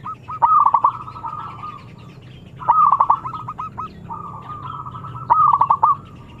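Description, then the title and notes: Zebra dove song: soft coos and quick staccato runs of clipped notes, in three bouts over a low steady hum. Zebra dove (perkutut) singing actively (gacor). "Pancingan Perkutut Durasi Panjang. Suara Burung Perkutut Gacor"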